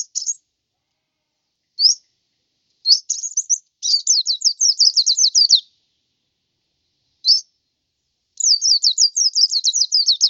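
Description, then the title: White-eye song: scattered single high chips, then rapid trills of sharp descending notes, repeated twice with pauses between. "Suara burung pleci"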